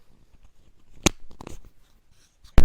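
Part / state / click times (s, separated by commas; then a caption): 3.5 mm microphone plug into audio jack/receiver / seated / 2.6 s. A lavalier microphone's 3.5 mm jack is plugged into its socket, with faint handling rustle and a sharp tap near 1.1 s before a few softer knocks. A crisp click at 2.6 s marks the jack seating, and audio is confirmed coming through.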